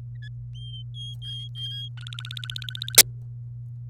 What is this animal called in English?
Domestic Canary